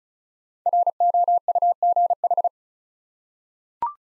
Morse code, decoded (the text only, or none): ROUGH